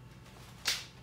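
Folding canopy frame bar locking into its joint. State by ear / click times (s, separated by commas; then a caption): seated / 0.7 s. A folding Eurmax canopy photo booth frame bar is pushed upward, with one hand under the joint and the other at the bottom, until the joint locks. After quiet low hum, a sharp, bright click sounds at 0.7 s and fades quickly. The joint is confirmed seated.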